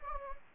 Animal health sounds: mosquito wingbeat signal from an infrared sensor; Anopheles gambiae

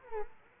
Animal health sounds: mosquito wingbeat signal from an infrared sensor; Culex quinquefasciatus

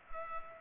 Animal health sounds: mosquito wingbeat signal from an infrared sensor; Culex pipiens

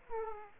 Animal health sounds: mosquito wingbeat signal from an infrared sensor; Aedes aegypti

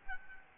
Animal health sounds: mosquito wingbeat signal from an infrared sensor; Aedes albopictus

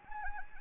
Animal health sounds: mosquito wingbeat signal from an infrared sensor; Anopheles arabiensis

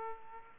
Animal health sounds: mosquito wingbeat signal from an infrared sensor; Aedes aegypti

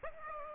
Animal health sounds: mosquito wingbeat signal from an infrared sensor; Aedes aegypti

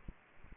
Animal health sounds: mosquito wingbeat signal from an infrared sensor; Aedes aegypti

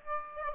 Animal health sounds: mosquito wingbeat signal from an infrared sensor; Aedes aegypti

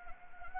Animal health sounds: mosquito wingbeat signal from an infrared sensor; Anopheles gambiae

